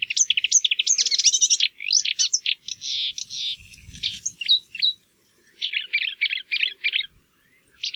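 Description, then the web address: Marsh warbler song, a fast jumble of high chattering, buzzy and scratchy phrases with brief pauses. "geluiden bosrietzanger"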